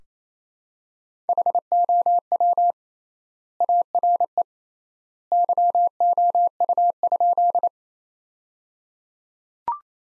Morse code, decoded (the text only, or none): HOW ARE YOU?